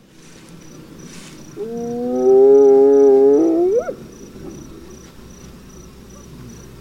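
Hyena giving a single long moaning whoop that holds steady, then sweeps sharply upward at the close; faint background hiss.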